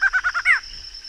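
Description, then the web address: Barred antshrike song: four quick, evenly spaced nasal notes followed by a longer, louder note that rises then falls, with a steady high insect whine behind. Recorded in the Pantanal. "sescpantanal. Choca barrada"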